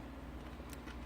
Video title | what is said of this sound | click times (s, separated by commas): How to install GY6 Big Bore Kit 171cc on 157QMJ Part #5 | we go we're going to do this one next you'll hear it snap that | 0.7 s